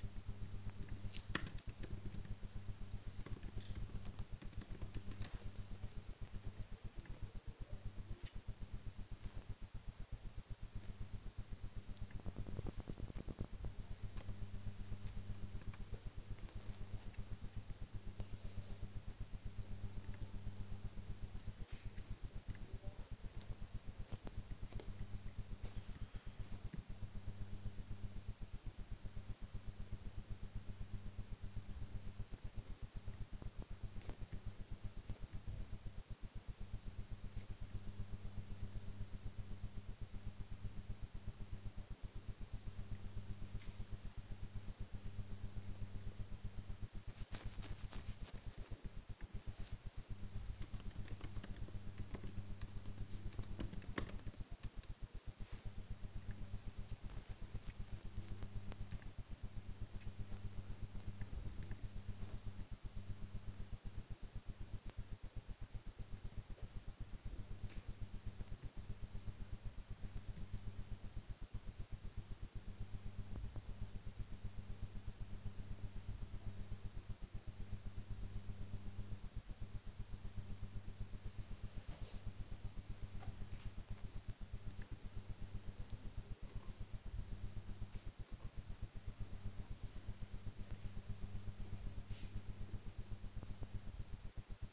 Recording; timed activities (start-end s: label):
household activities, microphone on the right wrist
0.00-85.57 s: working on the computer
87.58-94.73 s: working on the computer